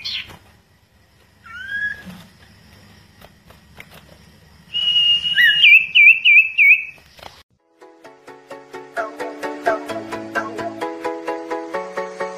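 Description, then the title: Bird song: a short rising whistle, then a long high whistled note breaking into a quick wavering trill, followed by a run of rapid evenly spaced lower pulsed notes. "Kicau Burung Yoi"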